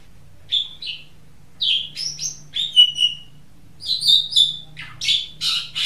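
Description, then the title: Oriental magpie-robin song in short separate bursts of clear whistled notes and harsher chirps, growing denser and harsher toward the end, over a faint hum. "Kicau Kacer"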